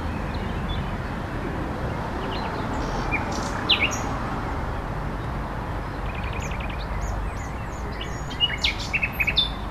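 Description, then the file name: Common nightingale singing scattered phrases, including sharp whistles and a fast rattling trill, over a constant low rumble. Recorded at La Vavrette on 14 May 2016 with an MZ-N710 recorder. "MZ-N 710 Rossignol la Vavrette 14 05 16"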